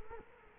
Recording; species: mosquito wingbeat signal from an infrared sensor; Culex quinquefasciatus